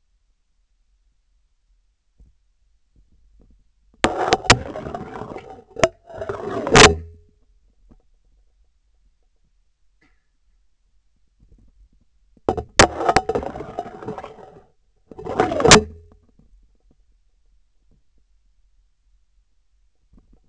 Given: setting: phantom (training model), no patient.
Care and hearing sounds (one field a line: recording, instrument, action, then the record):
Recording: laparoscopic instrument, vibration sensor on the handle end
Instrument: scissors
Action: insertion and removal through the trocar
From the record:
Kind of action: spatial motion